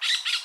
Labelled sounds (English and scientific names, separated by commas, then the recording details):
Brown-throated Parakeet (Eupsittula pertinax) contact call
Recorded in Curacao
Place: just S of Landhuis Groot St. Joris
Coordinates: 12.116, -68.830